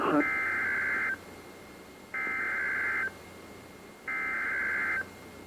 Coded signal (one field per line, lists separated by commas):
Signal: Emergency Alert System (SAME) tones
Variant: header bursts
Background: speech